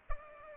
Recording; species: mosquito wingbeat signal from an infrared sensor; Culex pipiens